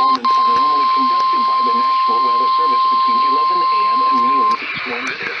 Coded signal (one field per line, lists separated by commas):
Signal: Emergency Alert System (SAME) tones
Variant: 1050 Hz attention tone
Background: speech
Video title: New Stations Galore: West Coast Edition... EAS Alerts from 6/3/20-6/30/20 (EAS #324-334)